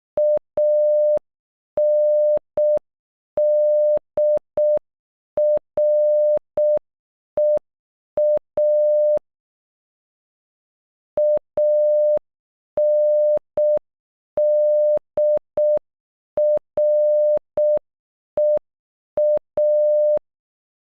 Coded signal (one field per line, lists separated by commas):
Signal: Morse code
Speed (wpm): 12 wpm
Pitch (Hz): 600 Hz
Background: none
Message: ANDREA ANDREA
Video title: Andrea in Morse code